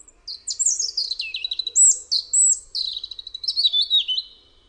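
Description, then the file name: European robin singing a long varied phrase of high, thin whistles and liquid twitters, some notes rising then dropping sharply, the whole strand drifting lower in pitch. "RUDZIK"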